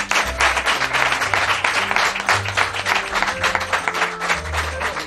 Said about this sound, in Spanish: El aplauso de nuestros oyentes para Fernando Rueda.